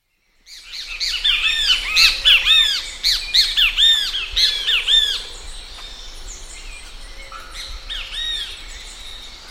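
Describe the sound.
Crested oropendola calls: a fast run of loud, arched squawking notes repeated several times a second, fading to softer scattered notes toward the end.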